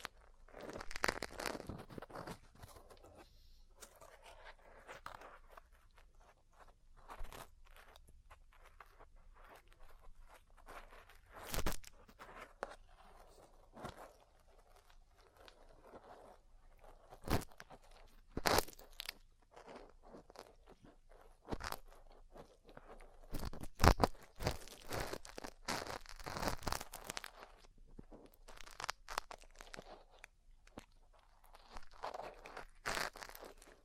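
Ear cleaning and massage sounds: dense, scratchy rustling and crunching with sharp taps scattered throughout, bunched most heavily around 23 to 28 seconds. Quieter stretches of soft brushing fall between the bursts, and the sound stays bright and irregular, never settling into a steady rhythm.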